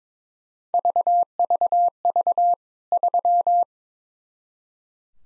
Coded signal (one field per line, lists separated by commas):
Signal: Morse code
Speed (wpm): 22 wpm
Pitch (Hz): 700 Hz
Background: none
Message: VVV 3